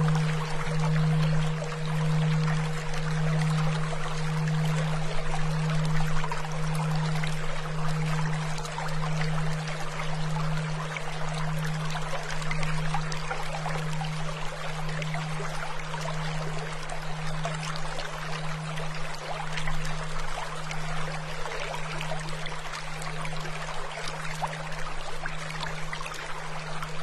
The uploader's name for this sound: 77.4 Hz